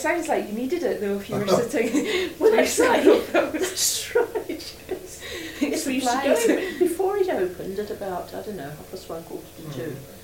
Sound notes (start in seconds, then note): 4.6 laughs; 6.8 laughs